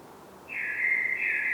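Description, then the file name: Common blackbird fluting: one sustained, mellow whistled note that slightly wavers over about a second. "Turdus merula"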